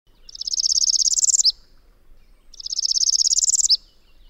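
Northern Parula song: a high, buzzy trill rising steadily and ending in a sharp snapped note, given twice about two seconds apart in a quiet background.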